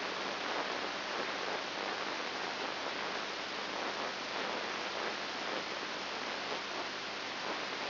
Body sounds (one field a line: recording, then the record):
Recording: brain microelectrode recording played as sound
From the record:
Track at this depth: inside the subthalamic nucleus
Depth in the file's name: 4.302 mm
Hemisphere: left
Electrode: 3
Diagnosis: Parkinson's disease